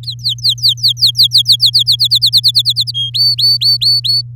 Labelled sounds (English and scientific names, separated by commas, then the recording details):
Domestic Canary (Serinus canaria) song
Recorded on 8 May 2018 at 06:23
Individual llb16